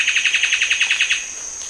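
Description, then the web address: Common paradise kingfisher call, a fast run of about a dozen sharp, evenly spaced notes, over a steady high insect-like whine. Recorded in Indonesia. "ULM-DS-Lab indonesian-bird-sounds. Tanysiptera galatea"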